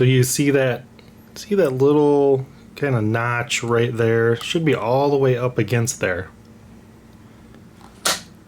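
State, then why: Seated. Someone talks while a reciprocating saw blade's tang is pushed fully in up to its notch in the saw's blade clamp. At 8.1 s a sharp click sounds as the spring-loaded locking lever snaps closed on the tang, seating and locking the blade.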